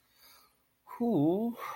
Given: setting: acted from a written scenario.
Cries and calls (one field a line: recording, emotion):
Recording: vocal sound without words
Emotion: neutral